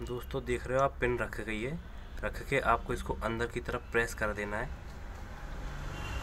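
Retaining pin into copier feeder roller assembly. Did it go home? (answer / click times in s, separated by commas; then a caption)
no / none. A plastic retaining pin is being handled for pressing inward into the feeder roller assembly of a Canon 2525, 2530, 4245, 4235, 4025, 4045, 3300, 3045, 3035 or 3235 copier. Someone talks throughout over a low steady background hum. Nothing has seated or clicked yet.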